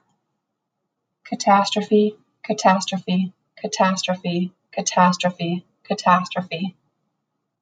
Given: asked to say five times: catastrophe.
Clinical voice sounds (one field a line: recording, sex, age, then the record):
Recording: repeated word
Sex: female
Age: 30 to 39 years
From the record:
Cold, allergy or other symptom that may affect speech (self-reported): no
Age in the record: 39 years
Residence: Minnesota, United States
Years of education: 12